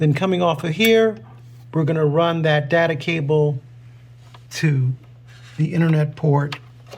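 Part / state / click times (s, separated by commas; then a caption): Ethernet RJ45 plug into router WAN port / not seated / none. An Ethernet RJ45 data cable plug coming off the modem is handled toward the internet (WAN) port of a Linksys Arena 6 AX1800 WiFi router E7350 while someone talks. Only faint handling noise is heard between the words, and nothing has seated or clicked yet.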